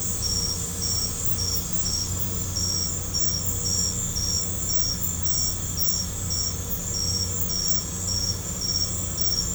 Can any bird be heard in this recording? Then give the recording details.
no. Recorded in pastures near Puerto Asís, Putumayo, Colombia, on 15 December 2024 at 22:00. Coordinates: 0.505, -76.324. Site G063